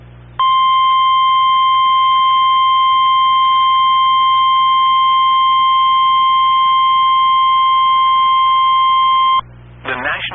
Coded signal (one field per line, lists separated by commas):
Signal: Emergency Alert System (SAME) tones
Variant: 1050 Hz attention tone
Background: speech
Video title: (EAS #125) KEC95 Severe Thunderstorm Warning